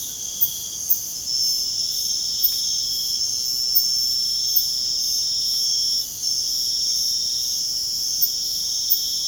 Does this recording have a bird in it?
no